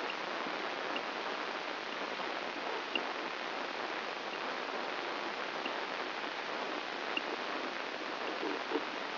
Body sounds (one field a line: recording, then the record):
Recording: brain microelectrode recording played as sound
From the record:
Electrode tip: inside the subthalamic nucleus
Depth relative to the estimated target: 2 mm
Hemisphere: left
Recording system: AlphaMap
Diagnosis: Parkinson's disease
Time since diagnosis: 19 years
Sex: male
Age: 59 years